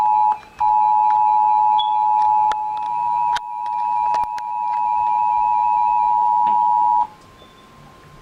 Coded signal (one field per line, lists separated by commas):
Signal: Emergency Alert System (SAME) tones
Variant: 853 and 960 Hz attention tone